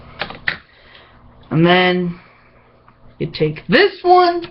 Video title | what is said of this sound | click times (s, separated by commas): Claw megazord Review :( | so what you can do is then fold these bits up then lock into place | 0.5 s